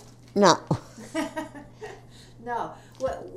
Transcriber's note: they laugh